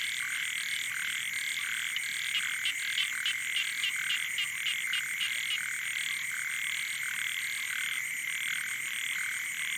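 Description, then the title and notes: Frogs and toads: frog croaks in irregular clusters, a brief flurry of rapid notes midway, over a steady shrill background drone. Wild night chorus on the shore of Boeng Thum lake, Cambodia, around 23:00 on 12 December 2018, as human noise fades. "Soirée aux batraciens - Cambodge. 12 décembre 2018 Sur le bord du lac "Boeng Thum" vers 23h00 au moment ou le silence des hommes laisse place au monde sauvage"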